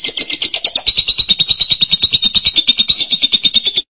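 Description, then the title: Lovebird giving a long, rapid, buzzy chattering trill, high-pitched throughout. "BM Suara Burung Lovebird"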